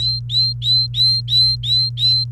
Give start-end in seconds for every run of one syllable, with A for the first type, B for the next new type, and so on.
0.00-2.24 A